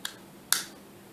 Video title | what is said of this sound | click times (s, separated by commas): the drone part 2 - Dad corner | you hear a nice little click and | 0.5 s